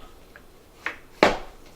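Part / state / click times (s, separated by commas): upright vacuum handle into vacuum body / seated / 1.2 s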